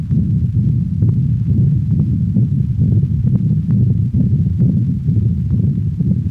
Continuous machinery murmur of a patent ductus recorded at the cranial thoracic wall of a dog.